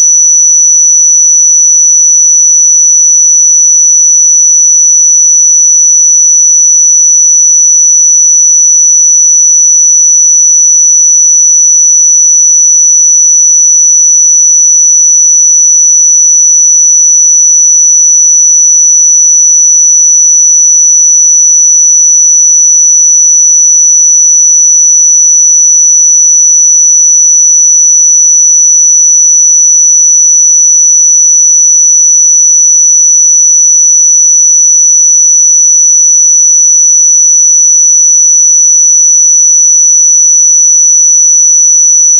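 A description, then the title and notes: A pure 5928 Hz sine tone holds perfectly steady for the full forty-two seconds, a single thin, high whistle with nothing else around it. Its loudness never shifts, with no pulses, breaks or background sound. 5928 Hz 1 Hz Interval Sine Pure Tone Frequency 441000 Sample Mono.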